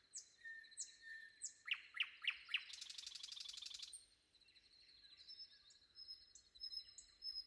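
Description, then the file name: Common nightingale song: loud descending whistled notes repeated quickly, then a rapid buzzy rattle trill, followed by softer whistles and chirps. Sung before dawn. "predawn nightingale"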